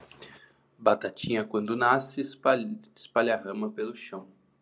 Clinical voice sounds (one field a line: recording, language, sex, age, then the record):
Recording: short text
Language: Brazilian Portuguese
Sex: male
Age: 30 to 39 years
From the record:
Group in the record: control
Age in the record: 33 years